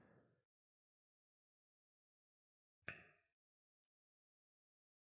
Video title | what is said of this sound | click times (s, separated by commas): "Not Running" Omega Constellation Vintage Watch Restoration | so that it lines up well and boom you can see it clicks right into place there | 2.9 s